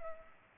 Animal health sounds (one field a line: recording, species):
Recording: mosquito wingbeat signal from an infrared sensor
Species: Culex pipiens